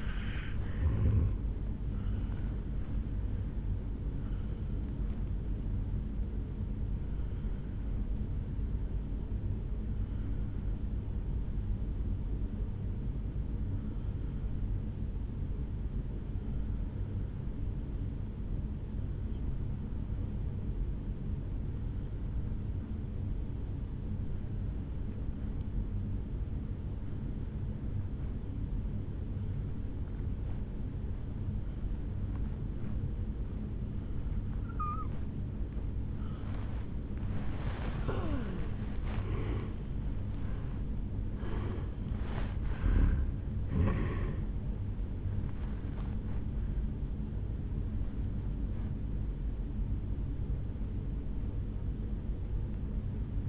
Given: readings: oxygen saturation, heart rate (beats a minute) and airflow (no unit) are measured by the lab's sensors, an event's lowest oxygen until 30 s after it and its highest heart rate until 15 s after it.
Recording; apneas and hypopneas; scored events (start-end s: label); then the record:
breathing in sleep by a smartphone at the bedside; 1
8.00-38.10 s: obstructive apnea (N1, oxygen 95% highest, then 81% lowest, heart rate 63 at the start, 77 highest)
19.00-53.48 s: new sleep stage, N2 (light sleep)
From the record:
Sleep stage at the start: N1 (lightest sleep); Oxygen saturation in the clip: 82 to 95%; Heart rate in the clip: 52 to 77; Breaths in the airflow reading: 5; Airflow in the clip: -10.2 to 8.6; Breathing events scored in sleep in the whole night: 449 in 7.0 hours asleep